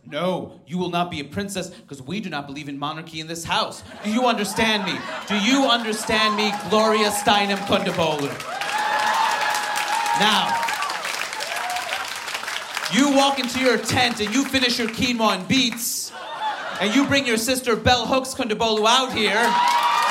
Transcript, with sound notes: No. You will not be a princess because we do not believe in monarchy in this house. Do you understand me? Do you understand me, Gloria Steinem Kondabolu?
(APPLAUSE)
Now, you walk into your tent and you finish your quinoa and beets, and you bring your sister Bell Hooks Kondabolu out here...